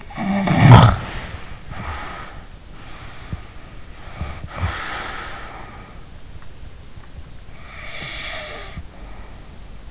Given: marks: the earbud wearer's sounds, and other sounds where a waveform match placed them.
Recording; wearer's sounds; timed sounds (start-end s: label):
sounds in sleep by an in-ear microphone; snoring breath
0.00-2.50 s: snoring breath
2.89-6.24 s: snoring breath
7.54-9.60 s: snoring breath